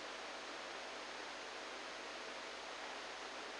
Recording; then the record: brain microelectrode recording played as sound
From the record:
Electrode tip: inside the subthalamic nucleus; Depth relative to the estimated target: -4 mm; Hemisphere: right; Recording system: NeuroSet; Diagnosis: Parkinson's disease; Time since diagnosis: 10 years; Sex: male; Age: 63 years